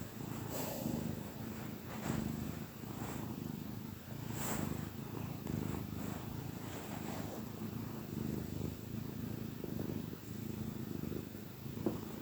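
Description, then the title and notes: Cat purring steadily in a low continuous rumble with gentle rhythmic swells and faint soft clicks. Gentle purrs of a contented cat. "the gentle purrs of a contented cat"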